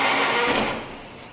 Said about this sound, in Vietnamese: Hey, nghe cái tiếng cửa thấy ớn luôn.